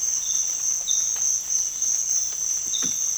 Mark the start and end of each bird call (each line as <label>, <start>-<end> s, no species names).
bird call, 2.63-3.01 s